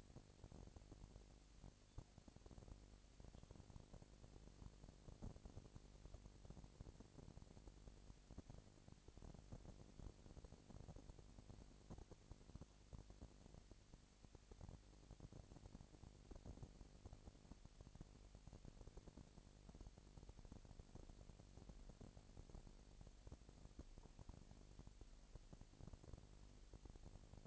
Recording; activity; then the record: daily activity, microphone in the room; no activity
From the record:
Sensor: 5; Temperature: 20.1 degrees Celsius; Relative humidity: 38.2%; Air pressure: 998.9 hPa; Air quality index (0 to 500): 218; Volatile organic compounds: 24 ppm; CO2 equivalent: 2814 ppm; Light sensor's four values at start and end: 2/3/1/1 and 2/3/1/1